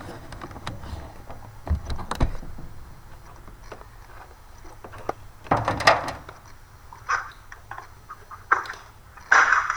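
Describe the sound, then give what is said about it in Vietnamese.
A door is handled and shut, with a few dull knocks and a broader clunk midway, followed by scattered sharp clicks and rattles over a low background hum. “Dạ con đóng cửa đi.”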